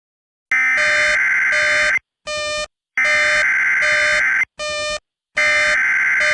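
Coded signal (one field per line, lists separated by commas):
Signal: Emergency Alert System (SAME) tones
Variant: header bursts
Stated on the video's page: Fictional EAS scenario containing valid tones, made on a phone.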